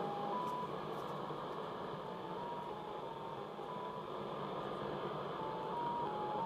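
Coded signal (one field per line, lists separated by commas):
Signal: numbers station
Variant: X06 Mazielka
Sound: faint steady tones stepping between nearby pitches around 1 kHz, buried in hiss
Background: radio static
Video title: SW DX - X06 Mazielka Numbers Station, received in Sofia, Bulgaria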